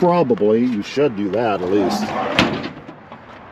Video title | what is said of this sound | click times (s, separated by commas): 1968 Vw camper bus for sale Volkswagen baywindow | that doesn't latch | none